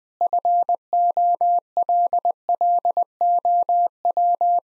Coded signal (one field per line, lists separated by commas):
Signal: Morse code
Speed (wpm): 21 wpm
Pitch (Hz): 700 Hz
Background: none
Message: FOLLOW